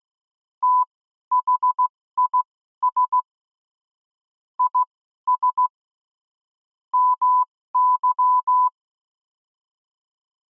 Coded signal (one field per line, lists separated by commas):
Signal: Morse code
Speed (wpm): 16 wpm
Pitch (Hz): 1000 Hz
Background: none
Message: THIS IS MY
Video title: My Morse Code (CW) Journey. @thecw